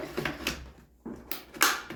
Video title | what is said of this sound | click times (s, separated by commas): How to Assemble Skil String Trimmer | Clicks into place. | 1.6 s